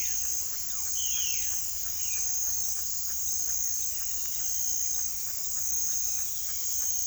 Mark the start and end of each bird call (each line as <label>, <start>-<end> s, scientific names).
Cyanocorax violaceus, 0.00-2.23 s
Ortalis guttata, 0.00-7.06 s